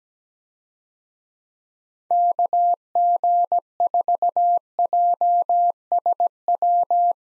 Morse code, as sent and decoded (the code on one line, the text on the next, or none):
-.- --. ....- .--- ... .--
KG4JSW